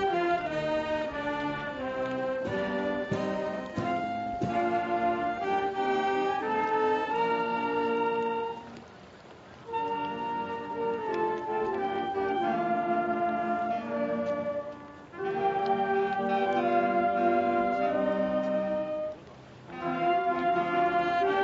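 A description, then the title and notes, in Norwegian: Music plays at a boat parade: sustained, chord-rich tones, likely from wind instruments or an organ, move through a steady melody at an even volume. Short breaks between phrases come near 9, 15 and 19 seconds, and the sound is somewhat dull. Båtparaden i Arendal. Rævesand brygge, Eydehavn havn og Nidelv brygge.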